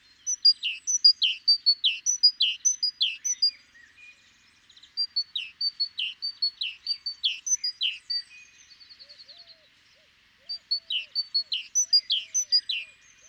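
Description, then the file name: Great tit song in three bursts of rapid repeated high-low note pairs, separated by short pauses, with a softer quick trill between the second and third bursts. "Parus major"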